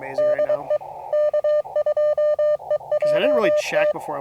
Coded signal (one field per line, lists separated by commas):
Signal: Morse code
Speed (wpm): 23 wpm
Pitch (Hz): 590 Hz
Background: speech, radio noise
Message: DE K2EJT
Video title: CW POTA at US-5221 with the AD8HK 9:1 Antenna